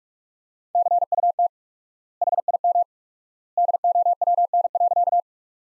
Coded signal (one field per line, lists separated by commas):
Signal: Morse code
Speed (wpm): 46 wpm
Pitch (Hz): 700 Hz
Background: none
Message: CUT HIM DOWN.